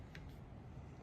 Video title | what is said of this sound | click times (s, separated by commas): Savage Impulse 6.5, first trip to the range and initial thoughts, no scrips, no edits, REAL opinions | you'll hear a click | 0.1 s